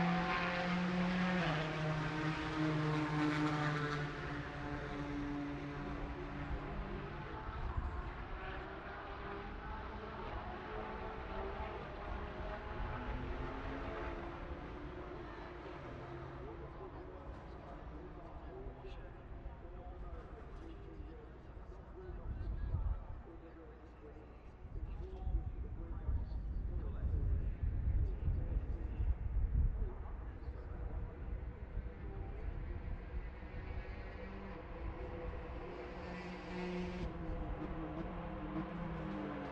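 Ambient racing audio: a dense, continuous roar of engines with shifting tones rising and falling as vehicles pass. The sound swells louder around 22 to 30 seconds with heavier low rumble, and voices seem mixed faintly into the steady wash of noise.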